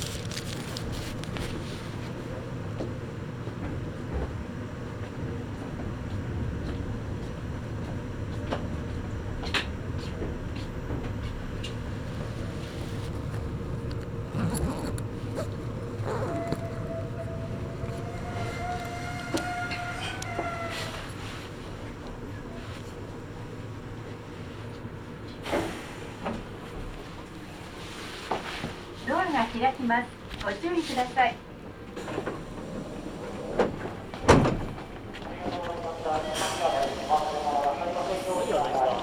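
A ride on the Meitetsu Bisai Line. A steady low train rumble runs through the first twenty seconds, then a rising whine with ringing tones comes in around 16 to 21 seconds. Later the sound turns uneven, with sharp clunks and brief voice-like passages.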